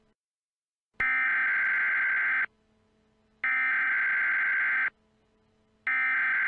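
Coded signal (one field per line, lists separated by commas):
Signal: Emergency Alert System (SAME) tones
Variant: header bursts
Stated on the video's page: Fictional EAS mock based on a cartoon, declaring emergencies in California cities including a fictional one.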